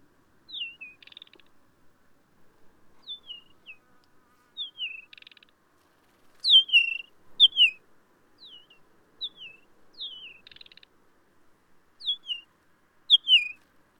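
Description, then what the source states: Bird song of high, clear whistled notes, each slurring downward and often ending in a short buzzy flourish, repeated in uneven phrases with pauses of up to about two seconds. Three males singing ecstatic songs during a territorial dispute.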